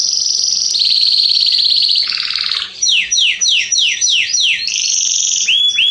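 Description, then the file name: Canary song with a bright rolling trill, a lower buzzy tour, then a run of several quick descending whistled notes. "Canary Voice"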